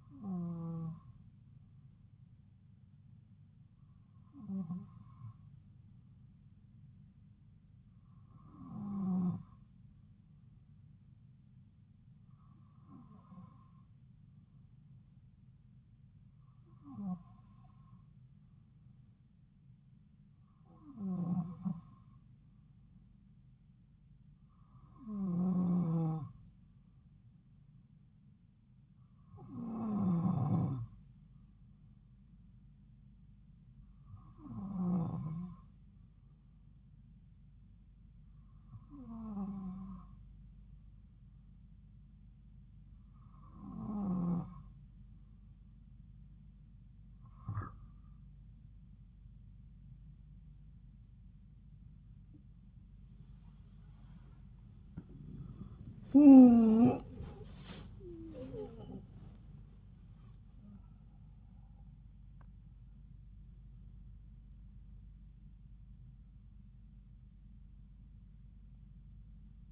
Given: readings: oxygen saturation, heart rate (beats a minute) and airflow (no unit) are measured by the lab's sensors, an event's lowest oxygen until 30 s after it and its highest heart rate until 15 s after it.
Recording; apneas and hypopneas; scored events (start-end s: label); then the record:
breathing in sleep by a smartphone at the bedside; none
56.00-69.72 s: new sleep stage, N1 (lightest sleep)
From the record:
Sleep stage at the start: N2 (light sleep); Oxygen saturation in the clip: 93 to 95%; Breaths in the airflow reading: 16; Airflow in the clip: -10.1 to 8.3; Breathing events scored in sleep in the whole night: 270 in 6.1 hours asleep